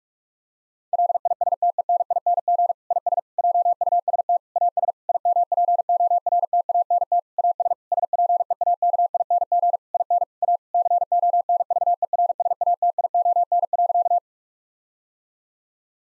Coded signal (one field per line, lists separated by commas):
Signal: Morse code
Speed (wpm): 48 wpm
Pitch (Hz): 700 Hz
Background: none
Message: LISTENING IS JUST AS IMPORTANT AS SPEAKING IN A CONVERSATION.